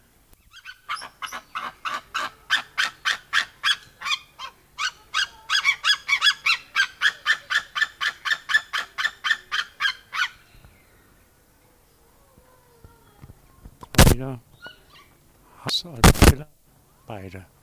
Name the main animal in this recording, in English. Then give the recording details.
White-tailed Eagle. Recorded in captivity. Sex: pair. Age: adult. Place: Tiergarten Wilhelma/Stuttgart, Baden-Württemberg, DE. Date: 2000-09-22 18:26. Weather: bedeckt, 15°C. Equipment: Nagra SN, Kopie Uher 4000 Report Monitor. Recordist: Tembrock, Günter. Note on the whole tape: Paar: Rufreihen. Rufreihen in sehr guter Qualität, technische Probleme (Mikrofonkabel) bei Ansagen